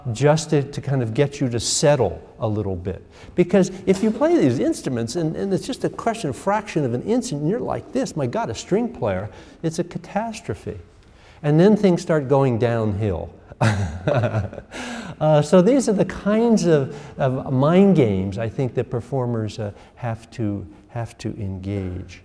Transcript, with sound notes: — just to kind of get you to settle a little bit, because if you play these instruments, and it’s just a question of a fraction of an inch and you’re like this, my God, a string player, it’s a catastrophe, and then things start going downhill. [laughs] So these are the kinds of mind games I think that performers have to engage.